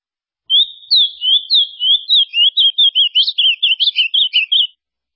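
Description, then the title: Ultramarine grosbeak song, one continuous melodious phrase lasting roughly four seconds, opening with drawn-out whistles and closing in rapid, jumpy warbled notes; background quiet. "Azulao"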